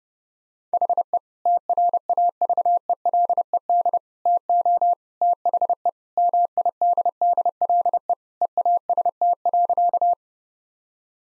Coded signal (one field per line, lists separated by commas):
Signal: Morse code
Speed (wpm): 32 wpm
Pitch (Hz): 700 Hz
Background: none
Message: HE TRAVELED TO THE MIDDLE EAST.